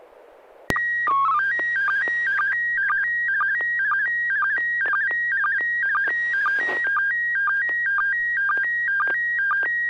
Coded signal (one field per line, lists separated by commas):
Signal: SSTV (slow-scan television)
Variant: PD 120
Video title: N6NA SSTV Net - 06/30/2021